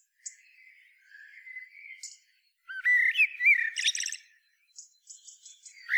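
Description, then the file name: Eurasian blackbird song: soft, low fluting notes first, then a loud burst of slurred whistles and rapid high twitters, followed by brief squeaky notes. "Turdus merula"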